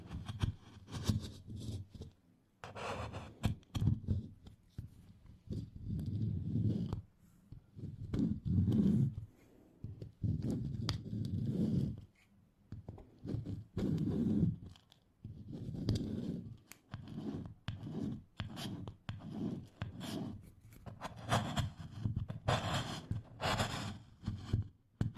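Candle wax is scraped off in short, uneven strokes, each a gritty burst that starts and stops every second or so across the full 25 seconds. The scraping is mostly low and rough, with occasional brighter, sharper scratches and brief pauses between passes.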